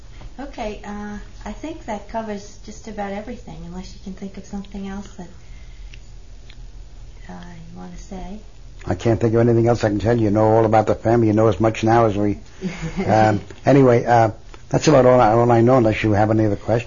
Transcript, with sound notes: Okay, I think that covers just about everything, unless you can think of something else that you want to say.
I can't think anything else I can tell you, you know all about the family. You know as much now... ( laughs ) Anyway that's about all I know unless you have any more questions.